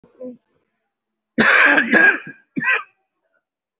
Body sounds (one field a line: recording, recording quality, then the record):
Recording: heavy voluntary cough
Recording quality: excellent, no background noise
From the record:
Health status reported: COVID-19 positive, mild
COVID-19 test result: positive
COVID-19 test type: RT-PCR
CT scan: taken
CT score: 0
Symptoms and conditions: cough, cold, sore throat, fever, fatigue, muscle pain, diarrhoea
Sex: male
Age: 47 years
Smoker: no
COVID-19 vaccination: one dose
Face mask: worn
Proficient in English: yes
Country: India